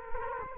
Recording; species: mosquito wingbeat signal from an infrared sensor; Culex quinquefasciatus